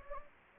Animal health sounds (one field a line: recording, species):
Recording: mosquito wingbeat signal from an infrared sensor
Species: Anopheles gambiae